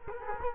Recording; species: mosquito wingbeat signal from an infrared sensor; Culex quinquefasciatus